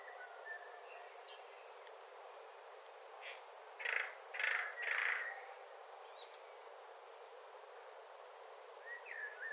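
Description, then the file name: Eurasian jay giving three rasping, noisy calls in quick succession midway, over a background of soft whistling from other birds. "Garrulus glandarius"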